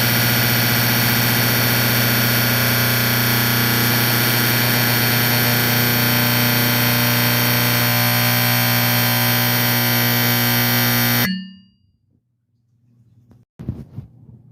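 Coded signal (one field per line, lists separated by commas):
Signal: alarm pattern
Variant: electromechanical AC horn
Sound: a loud, continuous, rasping electric horn buzz for about 11 seconds, then it stops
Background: room noise after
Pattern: 1 continuous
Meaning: Fire alarm: evacuate the building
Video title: Fire Alarm Sound Effect #2 - Simplex 4050 + 4050-82 120VAC 1970s Vintage School Fire Alarm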